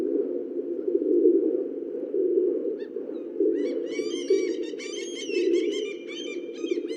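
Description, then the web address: Low pigeon cooing throughout, joined halfway by a dense burst of twittering from small birds. "sound Columbidae"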